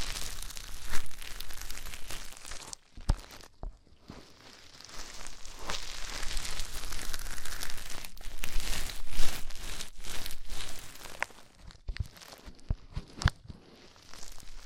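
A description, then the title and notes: Deep ear cleaning produces dense crackling, rustling and scratching that rise and fall, broken by brief silences near three and twelve seconds and occasional sharp pops. ASMR INTENSE Deep Ear Cleaning (No Talking).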